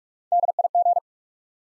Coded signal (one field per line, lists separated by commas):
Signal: Morse code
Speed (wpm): 44 wpm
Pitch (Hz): 700 Hz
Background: none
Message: D I G